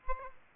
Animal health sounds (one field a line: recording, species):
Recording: mosquito wingbeat signal from an infrared sensor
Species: Aedes aegypti